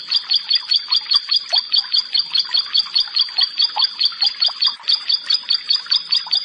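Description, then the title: Prinia song made of sharp, high double notes repeated steadily. "Ciblek Sawah"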